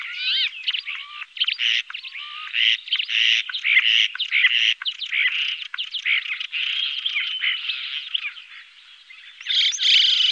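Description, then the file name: Common starling song: dense, rambling chatter of clicks, squeaks, rattles and thin whistles, with a louder burst of buzzy notes at the end. "Stare"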